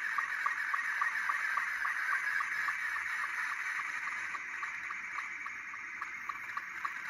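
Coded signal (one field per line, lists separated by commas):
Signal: SSTV (slow-scan television)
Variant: Scottie 2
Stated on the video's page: SSTV received on a CB transceiver on 11 metres, 27.700 kHz, upper sideband.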